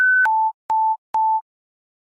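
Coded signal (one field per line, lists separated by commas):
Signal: none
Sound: game sound effect tones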